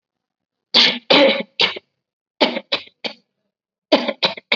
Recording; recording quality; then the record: shallow voluntary cough; excellent, no background noise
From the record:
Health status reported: COVID-19 positive, mild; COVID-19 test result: positive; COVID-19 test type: rapid antigen test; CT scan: not taken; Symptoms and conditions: cold, fever, diabetes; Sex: female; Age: 39 years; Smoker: no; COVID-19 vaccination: both doses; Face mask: worn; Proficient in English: yes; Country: India